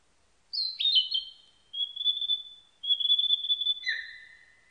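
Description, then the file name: Narcissus flycatcher song opening with a sharp downward slur, followed by two even trilled phrases and a final paired whistle dropping lower. Recorded 21 May 1999. "990521 kibitaki"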